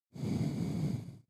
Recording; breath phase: one breath near a microphone; exhalation